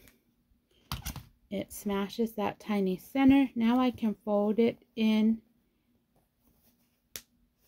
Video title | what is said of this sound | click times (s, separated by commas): Vehicle Visor Mask Holder | and we heard the snap | 7.2 s